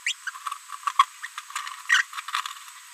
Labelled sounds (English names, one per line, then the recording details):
Green-rumped Parrotlet babbling
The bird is a female
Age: 30 days
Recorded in a nest box in Venezuela
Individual 17B73B3